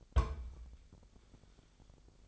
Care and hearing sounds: daily activity, microphone in the room; place on stove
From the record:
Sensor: 5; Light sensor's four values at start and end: 30/68/28/27 and 30/68/28/27

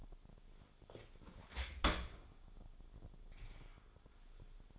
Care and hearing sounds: daily activity, microphone in the room; open dishwasher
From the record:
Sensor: 5

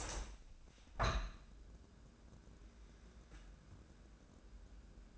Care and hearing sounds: daily activity, microphone in the room; open window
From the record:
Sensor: 2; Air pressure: 1012.1 hPa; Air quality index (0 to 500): 129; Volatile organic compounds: 1 ppm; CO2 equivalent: 952 ppm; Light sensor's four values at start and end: 181/436/183/192 and 182/437/185/194

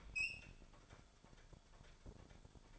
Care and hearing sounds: daily activity, microphone in the room; open fridge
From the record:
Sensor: 5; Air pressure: 1007.9 hPa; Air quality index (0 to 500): 96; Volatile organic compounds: 1 ppm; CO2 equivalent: 752 ppm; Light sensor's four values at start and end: 41/94/40/41 and 42/96/40/42

